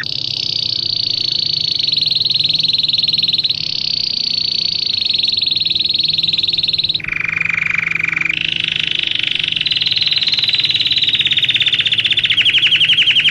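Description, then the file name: Belgian canary song: long, rapid rolled trills held at high pitch, dropping abruptly to a lower trill near seven seconds, then rising again into bright sustained rolls. Plain-headed (non-crested) Belgian canary, described as Australian. "canto do canario belga cabeca lisa australiana"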